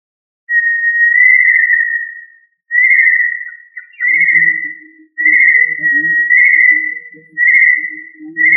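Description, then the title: Tinamou whistles: long, pure, near-level notes of about one to two seconds each, repeated several times with brief gaps, faint lower sounds underneath in the second half. "Familia Tinamidae - Quail - Puyuh"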